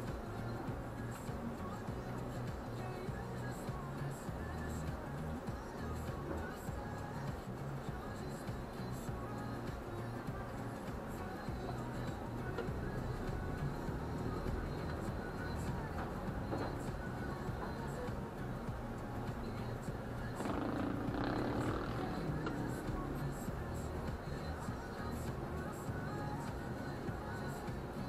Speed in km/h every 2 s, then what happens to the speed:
2, 0, 0, 0, 0, 0, 0, 3, 8, 7, 6, 7, 7, 5.
0-13 standing. 13-16 pulls away to 8. 16-28 steady at about 7.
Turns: none.